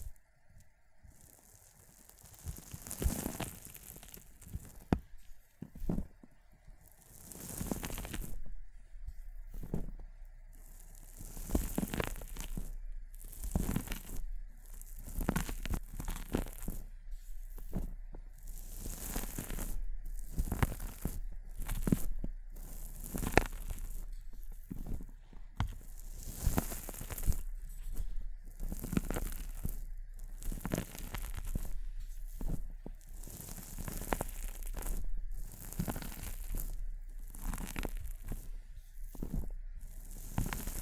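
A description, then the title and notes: Water beads are crushed in a steady run of wet squishes and crackling crunches, repeating every second or so for the whole forty seconds. Each squeeze gives a bright, gritty burst with a low thump beneath, while a faint steady tone hums between them. ASMR ONLY Crushing water beads sounds Visual Triggers for Relieving Stress (No Talking).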